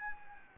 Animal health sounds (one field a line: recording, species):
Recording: mosquito wingbeat signal from an infrared sensor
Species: Anopheles gambiae